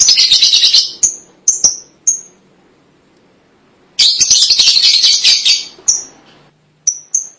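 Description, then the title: Lovebird chatter: two dense bursts of harsh, squeaky twittering separated by a quiet gap, with scattered sharp high chirps. "Suara Burung Lovebird"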